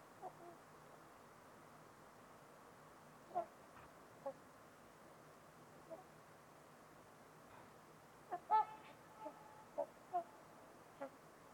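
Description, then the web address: Trumpeter swan honks, sparse at first, then a cluster of louder nasal trumpeting notes near the end, over a low, even hiss. Trumpeter swans on a winter's eve at Winters Lake in a deep, silent valley. "Trumpeter Swans on a Winter's Eve. Nick-Mc Mahan Winters-Lake-with-Swan. Wind Is the Original Radio"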